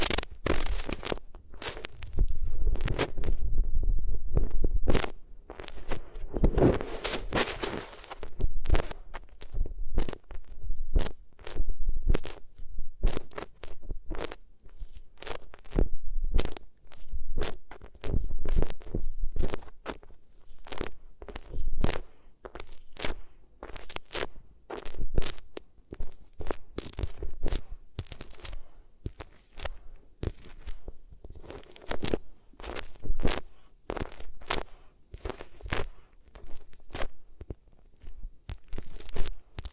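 Rubbing against the ears on different materials, heard as dense, uneven crunching and scratching with sharp clicks and crackles throughout. A louder, rougher rustling patch comes around five to eight seconds, then the rest settles into rapid, irregular scrapes over a low rumble.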